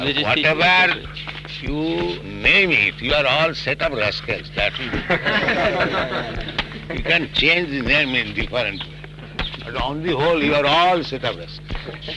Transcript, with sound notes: Whatever you name it, you are all set of rascals. That's all. [laughter] You can change the name in different way, but on the whole, you are all set of rascals.